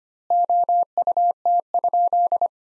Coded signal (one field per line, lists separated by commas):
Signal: Morse code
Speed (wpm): 25 wpm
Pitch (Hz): 700 Hz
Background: none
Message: OUT?